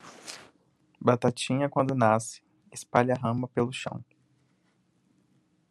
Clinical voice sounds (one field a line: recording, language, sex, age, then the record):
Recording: short text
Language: Brazilian Portuguese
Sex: male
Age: 20 to 29 years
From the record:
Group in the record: control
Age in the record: 23 years